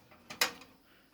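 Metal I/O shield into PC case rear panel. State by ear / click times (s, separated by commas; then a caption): seated / 0.4 s. A metal rear I/O shield is pressed into the opening on a PC case's rear panel, with its tabs fitted first. A softer knock at about 0.3 s comes before one sharp snap at 0.4 s, when the shield's tabs seat into the case. The shield is confirmed seated.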